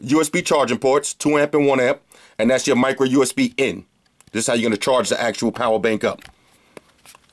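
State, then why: Not seated. Someone talks about the bottom of a rugged, shockproof ZVE 10000mAh power bank while handling its rubber/plastic flap, which covers two USB charging ports (2 amp and 1 amp) and a micro USB input. After the talking stops, a few faint handling taps come at about 6.8, 7.3 and 7.4 seconds as the flap is pressed toward closed. The clip ends before the flap snaps back into place, so nothing has seated yet.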